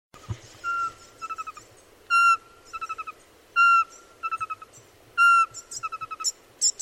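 Bird giving held whistled notes at one pitch, each followed by a burst of short repeated notes and faint high twitters, in a regular cycle.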